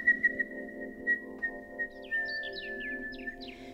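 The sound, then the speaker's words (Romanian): Swallows chirp in a quick flurry of high, twittering calls that rise and fall, entering partway through over a steady whistled tone and a low sustained drone. “Rântunele mititele, arătați-vă în zbor să ne fiți de ajutor. Ah, nașa, ce de păsărele!”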